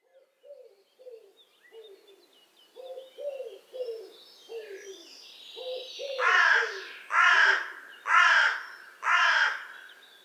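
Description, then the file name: Carrion crow giving four hoarse caws roughly one per second, preceded by a run of soft, low repeated calls. "Corvus corone"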